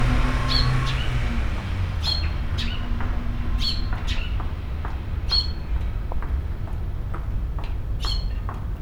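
Bird calls: short harsh squawks and brief high chirps repeated irregularly over a constant low rumble.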